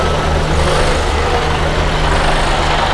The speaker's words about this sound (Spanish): O sea, estos son los camiones de 25 toneladas. Sí. Pero que son 25 lo que trae, ¿verdad?